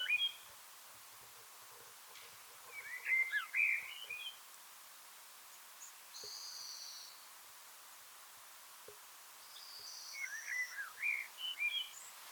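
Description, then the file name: Common blackbird: faint phrases of fluting notes and twitters against background hiss, with thin high whistles in between. "Turdus merula"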